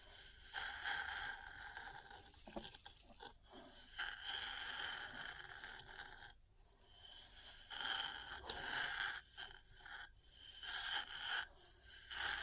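Metal parts scratch and scrape in uneven bursts, with a gritty, bright rasp that swells and fades. Quick taps cluster around two to four seconds, and a brief lull near six seconds breaks the scraping before it resumes in strong, rough passes.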